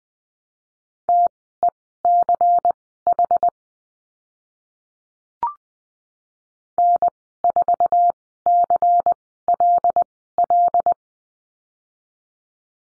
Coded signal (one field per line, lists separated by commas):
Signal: Morse code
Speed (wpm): 20 wpm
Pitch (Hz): 700 Hz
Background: none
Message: TECH N4CLL